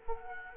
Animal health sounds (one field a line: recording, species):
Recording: mosquito wingbeat signal from an infrared sensor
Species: Culex quinquefasciatus